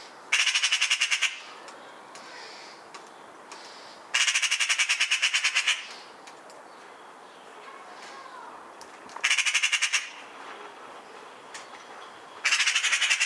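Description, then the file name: Eurasian magpie chattering: harsh, rapid rattling bursts about a second long, repeated every few seconds, with quiet background between. "Pica pica"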